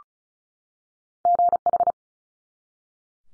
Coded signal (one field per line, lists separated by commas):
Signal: Morse code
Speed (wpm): 36 wpm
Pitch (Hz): 700 Hz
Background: none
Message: GH